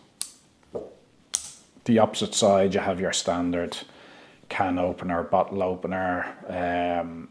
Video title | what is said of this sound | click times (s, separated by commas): Dakoyu DK30 Review | Everything locks into place. | 0.2 s, 1.4 s